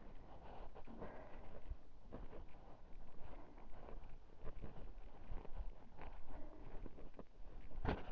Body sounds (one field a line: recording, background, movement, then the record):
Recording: deep breathing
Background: quiet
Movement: walking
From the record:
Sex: female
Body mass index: 22.6 kg/m2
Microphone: on the chest, facing the body